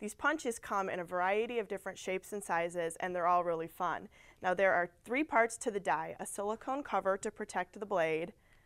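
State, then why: Not seated. A woman talks throughout while handling a plastic sugar-sheet cutting-punch die, whose bottom part is meant to press into the punch base. Only speech is heard, with no sharp impacts. Nothing has seated or clicked yet.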